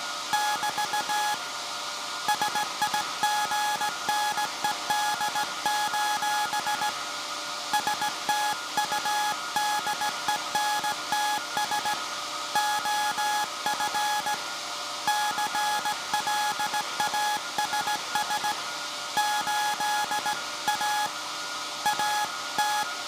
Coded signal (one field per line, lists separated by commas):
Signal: Morse code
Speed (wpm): 17 wpm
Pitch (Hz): 840 Hz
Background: music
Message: <BT> SIGNED: STUDENTS OF CLASS 8A AT